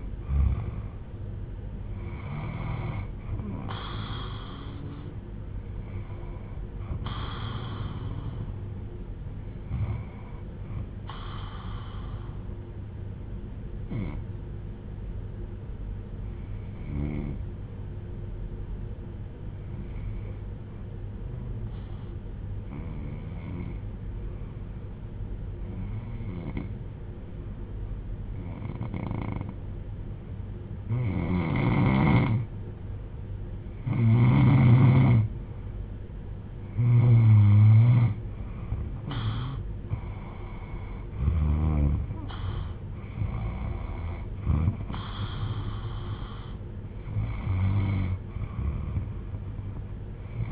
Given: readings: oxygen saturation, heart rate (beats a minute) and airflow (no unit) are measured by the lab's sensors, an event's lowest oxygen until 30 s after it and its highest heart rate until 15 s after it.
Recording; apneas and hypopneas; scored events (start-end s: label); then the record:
breathing in sleep by a smartphone at the bedside; 1
14.00-37.40 s: hypopnea (N2, oxygen 97% highest, then 90% lowest)
From the record:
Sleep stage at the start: N2 (light sleep); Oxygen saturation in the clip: 88 to 97%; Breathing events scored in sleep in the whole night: 310 in 8.1 hours asleep